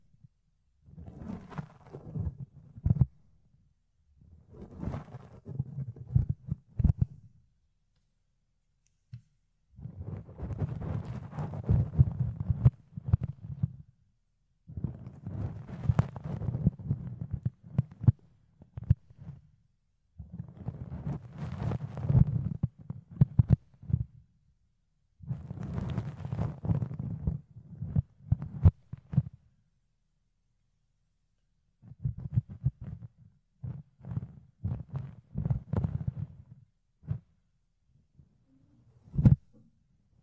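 Fluffy ear cleaning with soft, muffled scratching and rubbing in bursts of a few seconds, separated by short silences. Each burst is dense and low, full of crackly brushing with occasional brighter clicks, and a sharper pop comes near the end.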